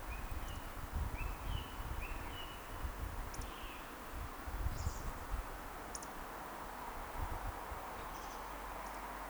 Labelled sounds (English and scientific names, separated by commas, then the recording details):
Eurasian Woodcock (Scolopax rusticola) whistle
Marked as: whistle, whistle, whistle, whistle
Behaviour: display flight
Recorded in Baden-Württemberg, Germany, on 30 May 2021 at 19:49 UTC
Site 43323, 910 m above sea level